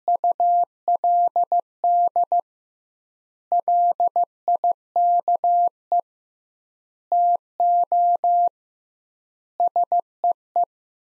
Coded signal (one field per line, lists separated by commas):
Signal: Morse code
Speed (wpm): 15 wpm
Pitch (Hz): 700 Hz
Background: none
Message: ULD LIKE TO SEE